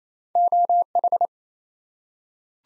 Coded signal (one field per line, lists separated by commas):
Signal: Morse code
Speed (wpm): 29 wpm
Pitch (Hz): 700 Hz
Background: none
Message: OH